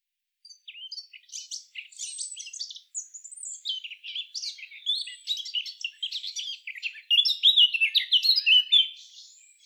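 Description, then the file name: Eurasian blackcap warbling song, a long run of quick varied chattering notes building to louder, clearer phrases near the end. "Sylvia atricapilla"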